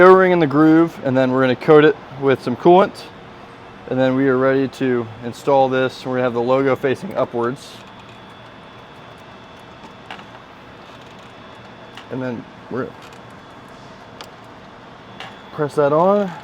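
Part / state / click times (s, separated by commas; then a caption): upper coolant pipe onto engine coolant coupling / not seated / none. An S&B upper coolant pipe for a 2011-2025 Ford Powerstroke 6.7L is coated with coolant and lined up on the engine coolant coupling with its logo facing up, ready to be pressed on. Someone talks, with a steady low hum and brief handling taps around 10.1, 12.0, 14.2 and 15.2 seconds. Nothing has seated or clicked yet.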